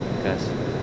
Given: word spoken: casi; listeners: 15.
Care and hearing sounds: one Spanish word in noise, from a listening test; speech-shaped noise; -4.2 dB; 3 of 15; 11 of 15; 0.43 s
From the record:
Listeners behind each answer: 11, 3, 1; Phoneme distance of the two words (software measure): 10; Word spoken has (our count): 2 syllables, 4 phonemes, stress on syllable 1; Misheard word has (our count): 2 syllables, 4 phonemes, stress on syllable 1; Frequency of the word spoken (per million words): 478.27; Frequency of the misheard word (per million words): 557.58

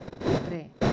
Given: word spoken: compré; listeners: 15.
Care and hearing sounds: one Spanish word in noise, from a listening test; noise modulated by one talker; -7.7 dB; 2 of 15; 7 of 15; 0.53 s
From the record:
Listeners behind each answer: 7, 2, 1, 1, 1, 1, 1, 1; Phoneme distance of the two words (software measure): 37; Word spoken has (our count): 2 syllables, 6 phonemes, stress on syllable 2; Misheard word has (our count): 2 syllables, 5 phonemes, stress on syllable 1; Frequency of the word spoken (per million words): 4.43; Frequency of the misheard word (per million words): 1753.38

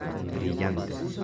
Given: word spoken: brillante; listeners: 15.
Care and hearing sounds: one Spanish word in noise, from a listening test; eight-talker babble; -0.5 dB; 4 of 15; 9 of 15; 0.84 s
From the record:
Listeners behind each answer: 9, 4, 1, 1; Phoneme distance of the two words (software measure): 7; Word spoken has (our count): 3 syllables, 8 phonemes, stress on syllable 2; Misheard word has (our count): 3 syllables, 9 phonemes, stress on syllable 2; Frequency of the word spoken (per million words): 33.18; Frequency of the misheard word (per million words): 16.68

